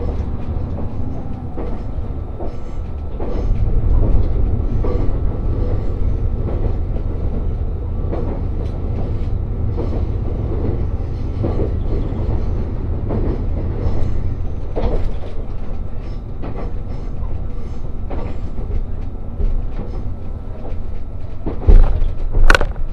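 Inside the Resort Shirakami No. 4 train as it runs from Ajigasawa along the Sea of Japan, a steady low rumble of the cars carries throughout. Frequent short clacks and knocks ride over the drone, and a sharp, bright squeal cuts in near the end.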